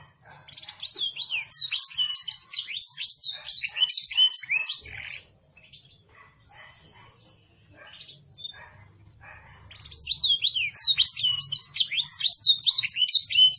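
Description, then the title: Canary song, a dense rush of high twittering and trilled phrases, then a soft lull of a few seconds before the lively warbling resumes. Canary singing in the cengkok mewah song style, with a clear voice. "Cengkok Kenari Mewah. kenari CENGKOK MEWAH suara jernih"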